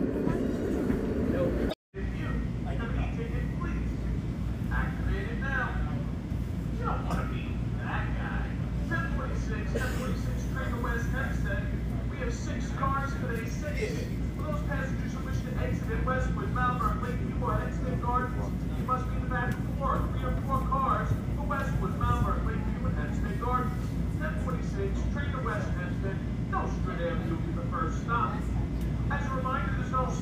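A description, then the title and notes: A busy stretch of city public transit: a constant low rumble of a moving train or bus fills the whole clip, with many overlapping voices chattering throughout. A brief cut to silence comes near the two-second mark, then the steady hum and talk resume. NYC public transportation mishmash.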